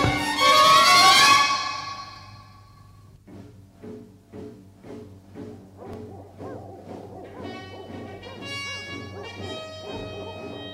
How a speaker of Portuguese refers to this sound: Não pode ser, mas parecem latidos de cães de caça. Os caçadores andavam caçando por trás dos morros. Será que me farejaram esses malditos cachorros? Sim, são eles, vêm chegando.